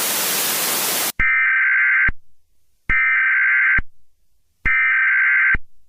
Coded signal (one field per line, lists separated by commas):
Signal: Emergency Alert System (SAME) tones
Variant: header bursts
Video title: EAS Scenario #1: Trolls Destruction of Earth - Remastered